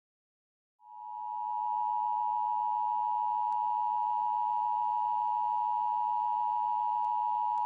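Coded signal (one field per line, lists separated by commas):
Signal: Emergency Alert System (SAME) tones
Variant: 853 and 960 Hz attention tone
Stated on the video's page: SAME tones played as a prank EAS alert over a school intercom.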